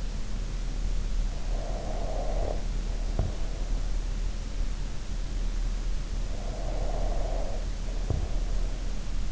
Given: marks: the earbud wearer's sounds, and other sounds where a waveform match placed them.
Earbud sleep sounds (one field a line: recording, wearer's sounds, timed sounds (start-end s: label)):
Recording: sounds in sleep by an in-ear microphone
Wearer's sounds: breath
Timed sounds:
1.08-3.44 s: breath
6.09-9.32 s: breath